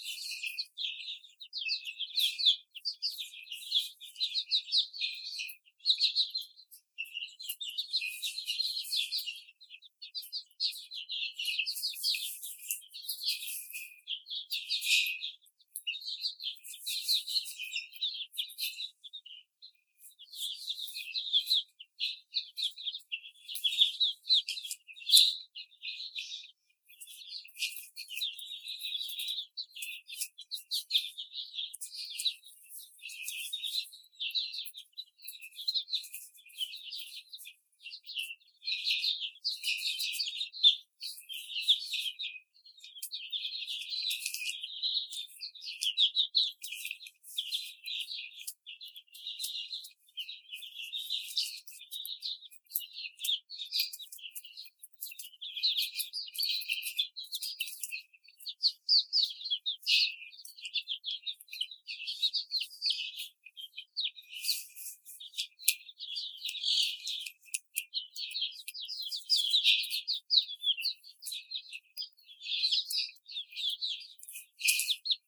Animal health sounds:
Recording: young laying hens in a cage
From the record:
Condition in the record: after the stressor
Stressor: simulated dog barking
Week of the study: 4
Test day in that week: 2

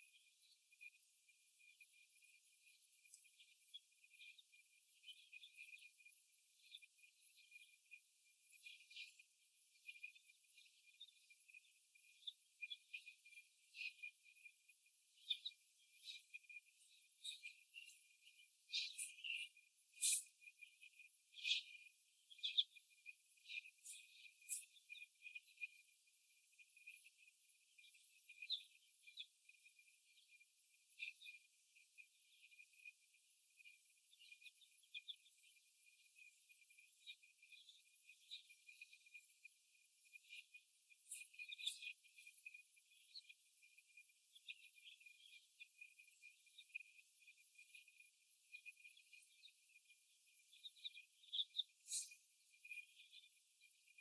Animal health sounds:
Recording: young laying hens in a cage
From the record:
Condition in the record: after the stressor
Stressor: simulated dog barking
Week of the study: 1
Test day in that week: 1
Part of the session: 3

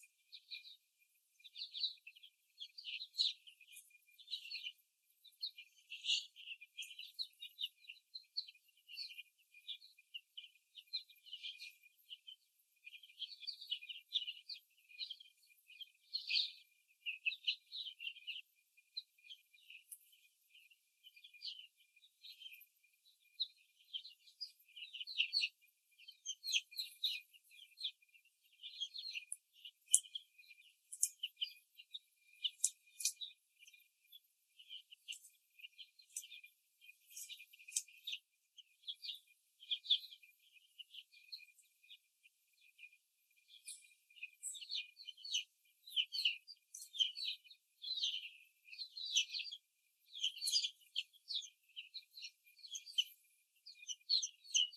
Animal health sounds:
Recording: young laying hens in a cage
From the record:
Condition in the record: before the stressor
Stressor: simulated dog barking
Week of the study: 3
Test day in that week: 1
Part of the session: 3

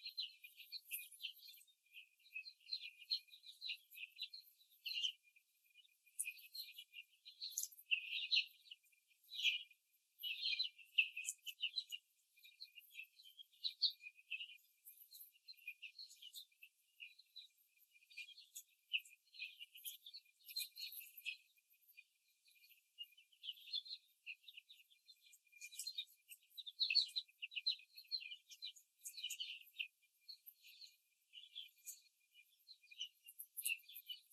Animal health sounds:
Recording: young laying hens in a cage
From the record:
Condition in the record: before the stressor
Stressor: simulated dog barking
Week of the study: 3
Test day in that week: 2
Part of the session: 1

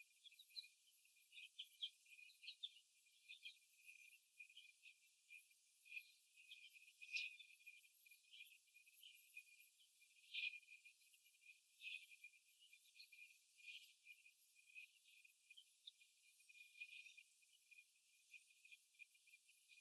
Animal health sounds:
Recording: young laying hens in a cage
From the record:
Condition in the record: after the stressor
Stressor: simulated dog barking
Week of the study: 1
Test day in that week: 2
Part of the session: 2

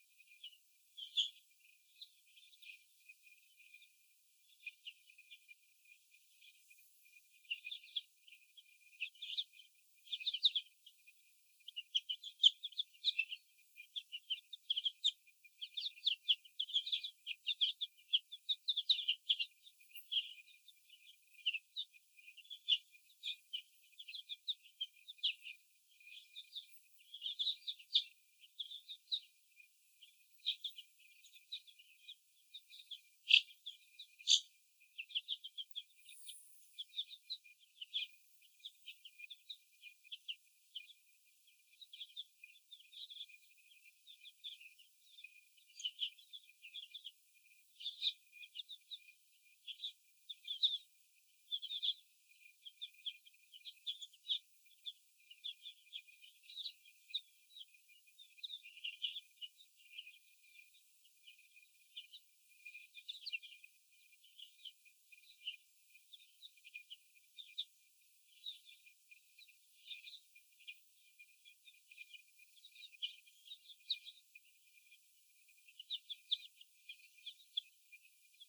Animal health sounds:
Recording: young laying hens in a cage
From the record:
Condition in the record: after the stressor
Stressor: sudden umbrella opening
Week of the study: 2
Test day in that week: 1

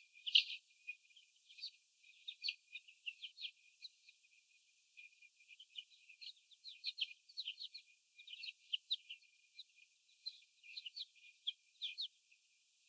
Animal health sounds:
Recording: young laying hens in a cage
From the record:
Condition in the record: after the stressor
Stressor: sudden umbrella opening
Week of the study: 3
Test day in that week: 2

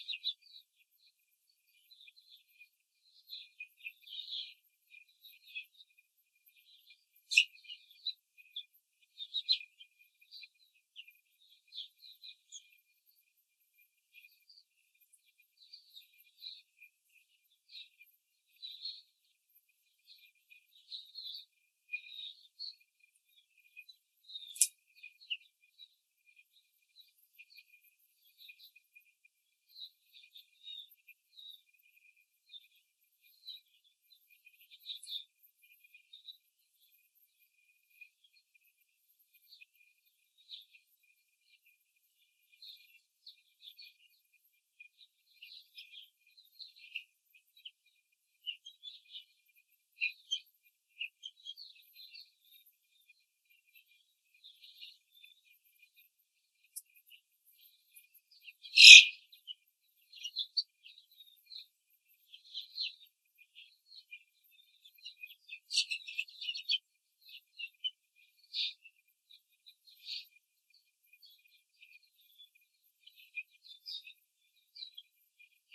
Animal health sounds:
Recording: young laying hens in a cage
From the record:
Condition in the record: control cage, after the stress test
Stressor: none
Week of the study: 4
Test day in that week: 3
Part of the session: 1

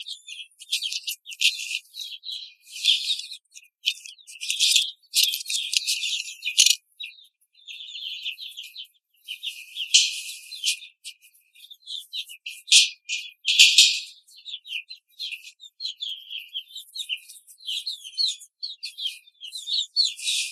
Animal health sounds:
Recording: young laying hens in a cage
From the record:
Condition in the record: control cage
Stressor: none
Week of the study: 5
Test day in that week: 1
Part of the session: 1

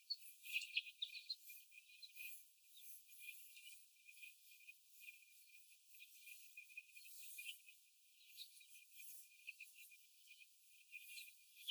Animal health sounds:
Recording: young laying hens in a cage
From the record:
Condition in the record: after the stressor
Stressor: simulated dog barking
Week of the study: 4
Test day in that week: 1

